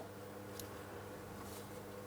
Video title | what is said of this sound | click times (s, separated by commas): How to Replace Front ABS Wheel Speed Sensors 2008-2016 Chrysler Town & Country | After an audible click, a light tug to confirm it is secured in place, and | 0.6 s